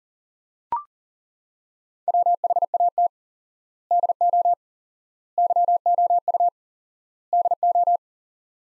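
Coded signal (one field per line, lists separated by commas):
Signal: Morse code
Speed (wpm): 40 wpm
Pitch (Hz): 700 Hz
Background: none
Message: WHAT DO YOU DO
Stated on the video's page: Morse code practice: sets of four words at 40wpm with 4x word spacing, a Farnsworth-like method for head-copying phrases; each set is sent, spoken, then sent again.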